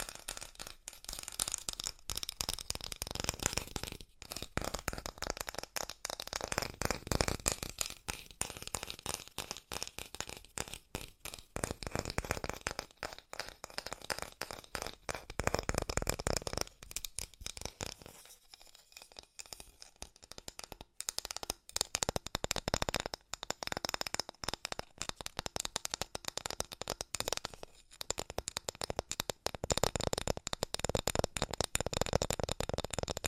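Fast tapping runs through nearly the whole stretch as dense, rapid clicks packed close together, bright and crisp across the range. The pace wavers slightly, with brief lighter gaps around 8, 16 and 19 seconds before the tapping resumes at full density.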